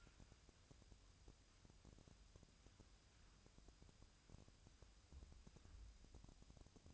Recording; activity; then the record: daily activity, microphone in the room; wipe stove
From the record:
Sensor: 2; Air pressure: 1003.2 hPa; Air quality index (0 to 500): 203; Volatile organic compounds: 6 ppm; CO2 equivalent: 1929 ppm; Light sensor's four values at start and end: 8/18/8/8 and 8/18/8/8